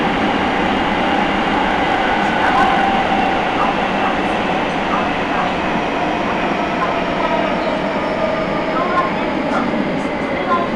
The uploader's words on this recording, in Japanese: 名古屋市営地下鉄桜通線 太閤通→徳重。桜通線の太閤通から徳重までの全区間を乗った時のものです。